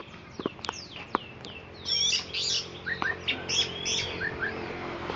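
Oriental magpie-robin song: a few sharp clicks, then a lively run of varied whistles, chirps and slurred notes following one another quickly.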